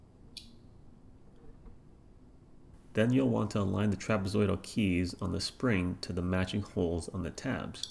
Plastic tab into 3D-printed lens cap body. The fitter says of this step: slide the tabs into the lens cap body until you hear a click